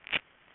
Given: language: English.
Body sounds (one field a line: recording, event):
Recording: throat vibration sensor signal played as sound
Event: swallow